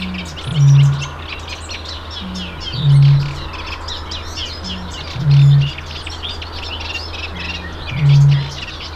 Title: Booming Bittern at Castle Water